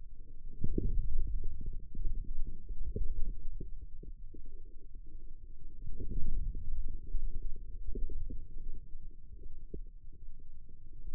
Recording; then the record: forearm muscle sounds (acoustic myography)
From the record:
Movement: outward rotation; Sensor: system 2, bracelet of six BSWA MPA416 microphones around the upper forearm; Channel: 6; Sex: male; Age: 22 years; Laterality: right